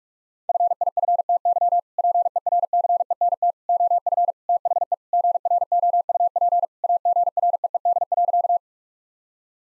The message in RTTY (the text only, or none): none